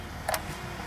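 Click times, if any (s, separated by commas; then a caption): 0.3 s. A hydraulic hose quick-release coupling is pushed into the matching coupling on a drill rig unit until it latches tight. Two short, sharp clicks sound at 0.3 s and 0.3 s over a low steady background hum, and the coupling is seated.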